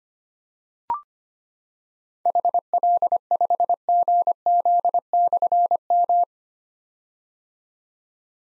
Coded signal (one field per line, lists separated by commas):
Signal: Morse code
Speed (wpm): 25 wpm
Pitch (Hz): 700 Hz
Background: none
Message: HL5GZ/M